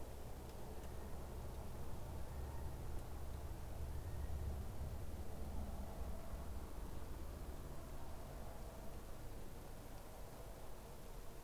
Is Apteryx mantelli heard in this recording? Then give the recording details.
yes. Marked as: faintness 4/5. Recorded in New Zealand on 14 December 2015. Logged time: 00:43. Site CG68